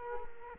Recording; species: mosquito wingbeat signal from an infrared sensor; Culex quinquefasciatus